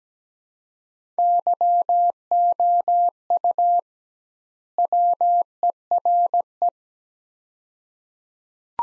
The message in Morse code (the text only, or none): YOU WERE